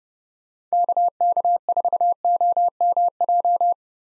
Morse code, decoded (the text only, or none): KK4OMJ